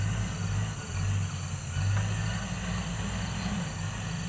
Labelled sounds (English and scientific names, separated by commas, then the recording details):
none
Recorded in pastures near Puerto Asís, Putumayo, Colombia, on 20 December 2024 at 18:00
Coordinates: 0.472, -76.329
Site G072